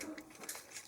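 Two plastic panels on the nose of a Dream Star Toys Slingshot transforming toy jet are swung forward and tabbed together to form the nose cone. Light plastic clicks and rattles are heard, with the panels seating at 0.2 s and 0.5 s.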